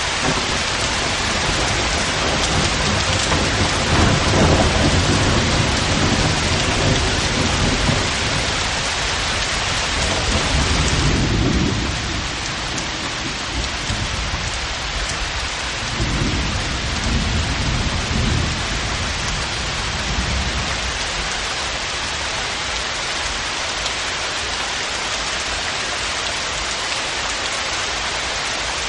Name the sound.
soothing sounds of rain and thunder melodies